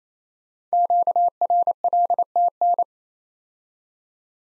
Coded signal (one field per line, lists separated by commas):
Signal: Morse code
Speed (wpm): 28 wpm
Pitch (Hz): 700 Hz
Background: none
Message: QRLTN